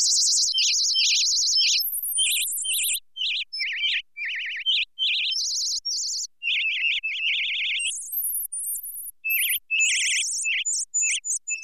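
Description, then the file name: Bird chirping almost continuously, a dense run of high, quavering tweets, with pitch shifting between phrases. "Birds chirping and tweeting"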